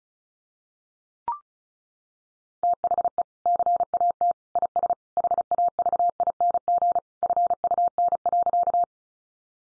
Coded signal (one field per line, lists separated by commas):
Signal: Morse code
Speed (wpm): 34 wpm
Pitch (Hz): 700 Hz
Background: none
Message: THE CAT IS HAVING FUN.